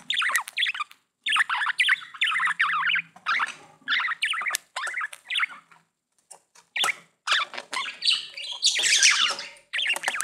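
Budgerigar chatter, squawky warbled notes in short bursts, some harsher noisy calls toward the end.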